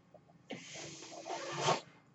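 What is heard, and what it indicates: A single airy whoosh lasts about 1.3 seconds over a faint steady low hum. It builds toward the end, then cuts off sharply. This is one breath delivered by a home mechanical ventilator.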